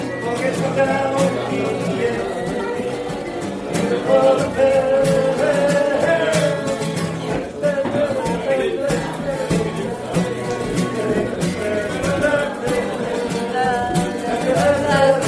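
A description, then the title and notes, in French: A lively bar with a dense, steady crowd murmur of many overlapping voices. Frequent sharp clinks and knocks of glasses and objects punctuate the chatter throughout, with no pauses in the busy background. Kerry's bar a théme une chouette ambiance dans ce bar !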